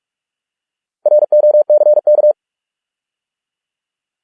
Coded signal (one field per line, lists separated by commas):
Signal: Morse code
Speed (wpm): 46 wpm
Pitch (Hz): 600 Hz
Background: none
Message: ROCK